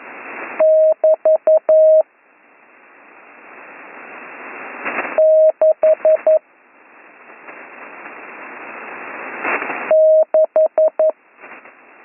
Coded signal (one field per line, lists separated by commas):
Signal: Morse code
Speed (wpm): 11 wpm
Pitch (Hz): 630 Hz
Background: radio noise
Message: <BT> 6 6